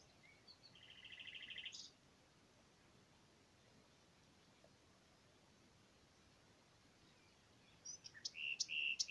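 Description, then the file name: Common nightingale song: a crescendo of rapidly repeated notes swelling over about a second, a long silence, then sharp repeated notes at the end. "Luscinia megarhynchos"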